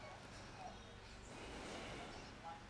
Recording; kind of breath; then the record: one breath in and out by a microphone near the nose and mouth; deep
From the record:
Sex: male